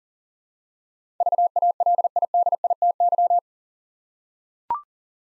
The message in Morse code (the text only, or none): VALIDITY